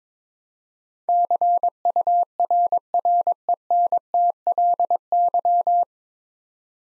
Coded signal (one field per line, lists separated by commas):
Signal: Morse code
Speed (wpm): 22 wpm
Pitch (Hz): 700 Hz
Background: none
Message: CURRENTLY